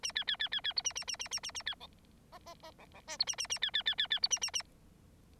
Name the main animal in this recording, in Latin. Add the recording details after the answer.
Lonchura striata domestica. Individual Bird9